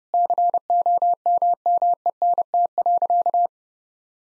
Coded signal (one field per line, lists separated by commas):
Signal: Morse code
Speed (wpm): 30 wpm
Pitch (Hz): 700 Hz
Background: none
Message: COMMENT.